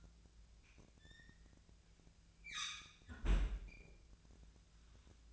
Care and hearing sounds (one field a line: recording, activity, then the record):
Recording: daily activity, microphone in the room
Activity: close fridge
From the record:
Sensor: 2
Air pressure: 1009.5 hPa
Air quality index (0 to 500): 185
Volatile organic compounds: 11 ppm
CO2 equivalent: 2303 ppm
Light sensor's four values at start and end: 24/58/25/27 and 23/56/24/26